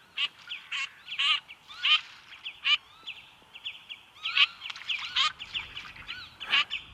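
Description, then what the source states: Eurasian Teal calls: short, high, clear whistled peeps and crackling notes repeated irregularly, with a few louder bursts among them. Prepared recording played on the radio; quacking with a higher peep through it, and the whistle the teal can make; a very small duck.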